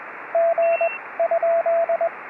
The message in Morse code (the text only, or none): G ?